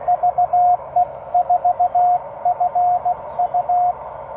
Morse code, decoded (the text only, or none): VE4FU